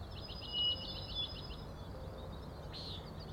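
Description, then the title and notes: Common nighthawk rattle of quick high pulses followed by a single nasal buzzy peent near the end, low background hum. Three birds flying in very close formation, rattling and peenting, 4am, June 16 2017, Overlook on Schoodic Head, Acadia National Park, Winter Harbor, Maine; passed remarkably close to the recordist. "Common Nighthawks, Schoodic Head 061617 4am. 3 common nighthawks making peenting calls and wings booms but also a rattling noise at the Overlook (410 ft) on Schoodic Head (435 feet) Schoodic division Acadia National Park Winter Harbor, ME"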